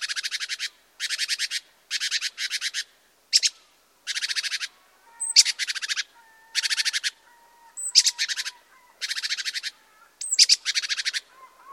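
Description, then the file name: Great tit scolding churr, dry buzzy rattles repeated in short bursts about once a second, a faint low whistle running beneath. "Parus major"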